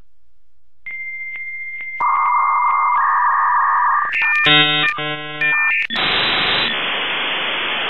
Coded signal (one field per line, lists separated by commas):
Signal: dial-up modem handshake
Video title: The Dial-up Internet Sound (With MP3!)